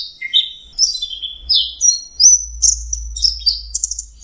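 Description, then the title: Orange-headed thrush singing a fast jumble of high whistles, slurs and short trills that tumble down then rise again, with a soft low hum behind. Orange-headed thrush song in the 'teler' style, made as a masteran training recording for songbirds. "Anis Kembang. Suara Burung Anis Merah Teler"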